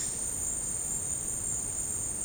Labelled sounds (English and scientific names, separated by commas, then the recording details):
none
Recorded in secondary vegetation near Puerto Asís, Putumayo, Colombia, on 23 June 2025 at 14:30
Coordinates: 0.484, -76.319
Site G074